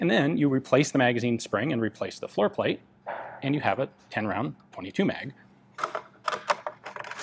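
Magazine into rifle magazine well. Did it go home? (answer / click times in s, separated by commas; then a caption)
yes / 6.3 s. Someone talks, then a steel R4/Galil rifle magazine fitted with a 10-round .22 rimfire insert is rocked into the rifle's magazine well, making a short run of sharp metallic clicks and knocks from about 5.8 s. It latches at 6.3 s and locks in place just like a standard magazine.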